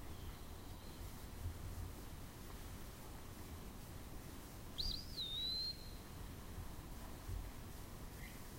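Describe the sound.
Eastern wood-pewee singing a single sweet whistled phrase that climbs, wavers and slides down, over a constant low background hum with a few soft chips.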